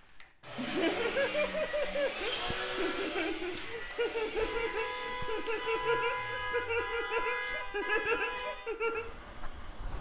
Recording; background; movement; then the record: laughter; traffic; walking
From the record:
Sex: female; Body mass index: 36.4 kg/m2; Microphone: on the chest, facing the body